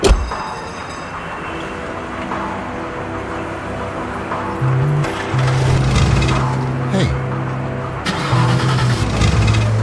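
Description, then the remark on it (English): An old car engine cranks over and over without catching in the rain, a rough, low whirring that surges and sags in uneven bursts, louder in the second half. “Oh, man. You don't want to start. I'll try.”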